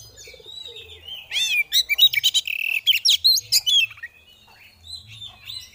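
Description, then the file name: Oriental magpie-robin: faint twitters lead into a loud, rapid chattering burst with rising squeaky notes, lasting about two and a half seconds. Female kacer (Oriental magpie-robin) calling in the ngeriwik and ngeplong styles; recording intended as bird therapy audio. "Terapi Suara Burung Kacer Betina Ngeriwik Ngeplong"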